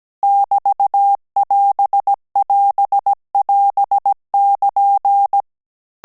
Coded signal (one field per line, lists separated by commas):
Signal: Morse code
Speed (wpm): 17 wpm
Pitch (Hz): 800 Hz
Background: none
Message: <BT><AS><AS><AS><KN>